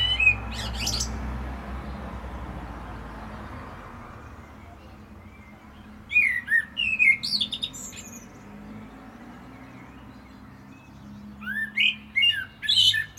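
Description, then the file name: Common blackbird with three brief phrases spread throughout, each mixing soft whistled notes with sharp high squeaks, long quiet gaps between them. "Turdus merula"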